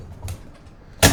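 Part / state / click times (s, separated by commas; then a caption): globe lift lever on an oil lantern frame / not seated / none. The metal globe lift lever on an oil lantern frame is being raised to lift the glass globe, and the lever has not seated or locked into its raised position yet. A soft knock comes at about 0.3 s over a quiet low rumble, and a loud broad burst of noise starts at about 1.0 s and runs to the end.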